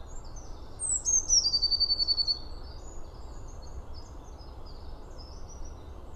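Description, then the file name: Eurasian blue tit: thin high downslurred notes followed by a rapid, regular trill, then faint high twitters against a constant low hum. "Cyanistes caeruleus"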